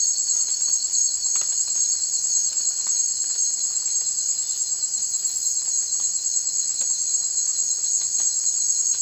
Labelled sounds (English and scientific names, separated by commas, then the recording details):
none
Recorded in secondary vegetation near Puerto Asís, Putumayo, Colombia, on 30 June 2025 at 18:00
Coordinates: 0.499, -76.323
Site G077